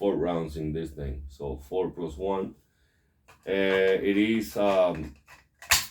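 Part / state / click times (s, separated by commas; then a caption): polymer magazine into rifle magazine well / seated / 5.7 s. A polymer box magazine that holds four rounds is inserted into the magazine well of a Mossberg Patriot 6.5 Creedmoor bolt-action rifle. Someone talks, then a sharp click is heard at 5.7 s as the magazine locks in and sits flush.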